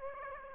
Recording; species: mosquito wingbeat signal from an infrared sensor; Aedes aegypti